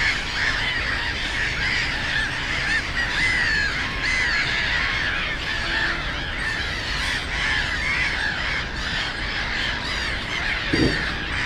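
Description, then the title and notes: Black-headed gull flock calling, harsh squealing cries overlapping throughout, a few clearer descending notes, with constant low traffic noise. Many black-headed gulls, loudest of plentiful birds at Żabie Doły (Frog Ponds) complex, former coal-mining land, Bytom, Poland; nearby DK79 road and railway audible; recorded with Zoom F4 and AT BP4025. "Żabie Doły, Bytom, Polska - Black-headed gulls at Frog Ponds complex. The ponds are now filled with plenty of birds with black-headed gulls being the loudest. Najgłośniejsze okazały się śmieszki"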